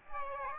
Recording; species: mosquito wingbeat signal from an infrared sensor; Aedes aegypti